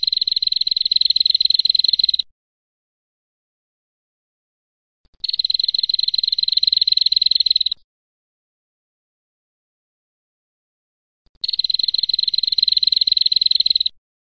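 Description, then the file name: Prinia repeating a rapid, buzzy, high-pitched rattle; three trills of about two to two and a half seconds each, starting roughly five to six seconds apart, with silence between. Female; fifth variation of the call. "prenjak-betina-variasi-5"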